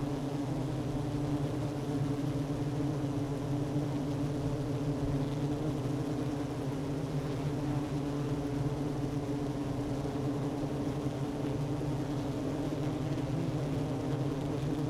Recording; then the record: honeybee colony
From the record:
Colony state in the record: active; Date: 12 June 2018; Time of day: 11:13